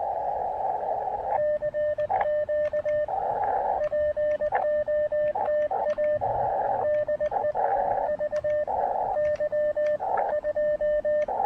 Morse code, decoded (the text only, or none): CQ POTA DE VY2